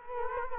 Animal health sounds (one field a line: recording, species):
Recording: mosquito wingbeat signal from an infrared sensor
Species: Culex quinquefasciatus